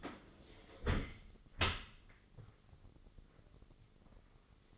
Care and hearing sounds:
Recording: daily activity, microphone in the room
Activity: close dishwasher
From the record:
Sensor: 4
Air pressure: 996.6 hPa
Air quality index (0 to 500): 88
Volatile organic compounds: 4 ppm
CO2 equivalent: 1703 ppm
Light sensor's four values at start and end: 20/55/22/24 and 19/52/20/22

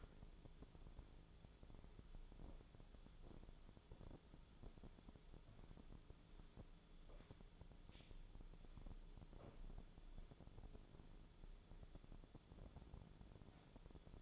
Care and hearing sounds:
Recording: daily activity, microphone in the room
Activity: walk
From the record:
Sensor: 5

